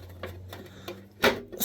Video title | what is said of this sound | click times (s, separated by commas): Hauling Stuff: TEMU Nail items & other bits | snap there you hear that you snap it into place on both sides and boom chakalaka | 1.2 s